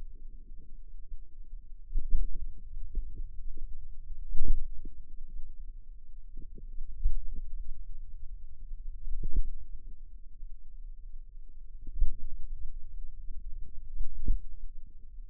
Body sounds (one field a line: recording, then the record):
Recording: forearm muscle sounds (acoustic myography)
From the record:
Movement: pen grasping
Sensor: system 2, bracelet of six BSWA MPA416 microphones around the upper forearm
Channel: 2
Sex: female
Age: 22 years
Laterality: right